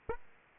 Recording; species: mosquito wingbeat signal from an infrared sensor; Aedes aegypti